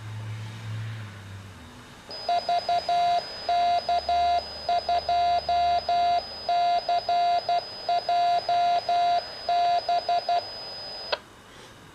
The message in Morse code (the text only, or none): VK2CJB